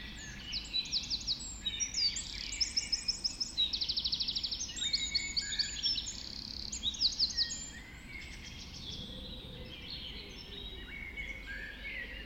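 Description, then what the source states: Birds singing a dense dawn chorus, rapid repeated trills and bright whistled phrases layered together, busiest in the first seven seconds before thinning to softer songs. Dawn chorus just after dawn in the Forest of Dean.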